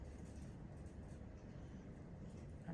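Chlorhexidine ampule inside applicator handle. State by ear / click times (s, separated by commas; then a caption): not seated / none. A chlorhexidine applicator is squeezed and worked repeatedly, trying to break the chlorhexidine ampule inside its handle, but only faint, quiet handling sounds over a low background hum are heard, with a brief soft bump near the end. The ampule has not clicked or activated yet, and the applicator is still not working.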